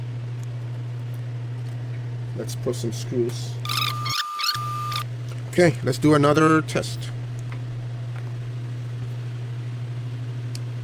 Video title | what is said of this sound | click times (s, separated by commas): 2019 Macbook Pro Loose USB-C Port Replacement | Oh, you hear that little click? | 10.5 s